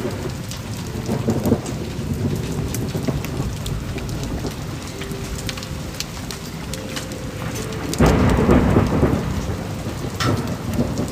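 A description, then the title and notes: Steady rain falls with a dense low rumble throughout, sharp drip taps scattered across, and a louder thunder-like swell around eight seconds. Sound Of Rain - Sonido de Lluvia.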